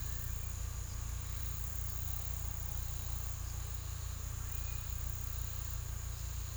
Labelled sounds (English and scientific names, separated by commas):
none